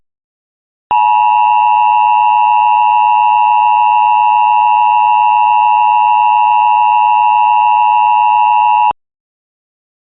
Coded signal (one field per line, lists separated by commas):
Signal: Emergency Alert System (SAME) tones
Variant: 853 and 960 Hz attention tone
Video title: (EAS MOCK) Wrong button...?